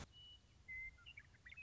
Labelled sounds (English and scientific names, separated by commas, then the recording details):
Western Meadowlark (Sturnella neglecta)
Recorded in Sonoma County, California